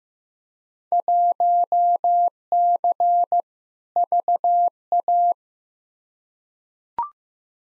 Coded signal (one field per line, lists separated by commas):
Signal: Morse code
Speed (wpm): 15 wpm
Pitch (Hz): 700 Hz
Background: none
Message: 1C VA